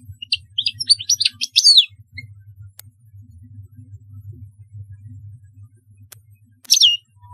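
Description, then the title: European goldfinch twittering song in a quick burst of bright, jangling notes, then silence and a second short twitter near the end, over a steady low hum. "Chant Chardonneret"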